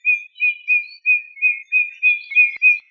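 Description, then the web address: Eurasian bullfinch giving soft, flat piping whistles, about nine short even notes in quick succession, each lasting roughly a quarter second. "Pyrrhula pyrrhula"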